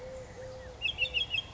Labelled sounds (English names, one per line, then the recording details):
Eurasian Collared Dove
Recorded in Sonoma County, California